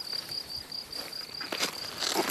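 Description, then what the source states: Field cricket giving a high, rapidly pulsed chirping trill, with rustling and scraping sounds toward the end. At its burrow in fine sandy soil of a sunken lane in Bavaria; coaxed out of its hole by tickling.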